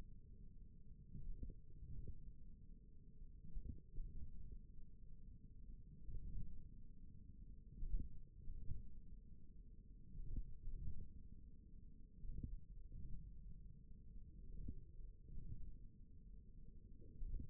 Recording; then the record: forearm muscle sounds (acoustic myography)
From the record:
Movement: ulnar deviation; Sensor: system 1, eight BSWA MPA416 microphones around the upper forearm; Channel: 1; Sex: male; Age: 41 years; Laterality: right